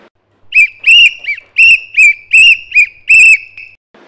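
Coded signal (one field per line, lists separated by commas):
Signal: whistle signal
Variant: Bharat Scouts and Guides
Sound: shrill pea-whistle blown in about nine quick alternating long and short blasts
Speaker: continuous long and short main its danger run fast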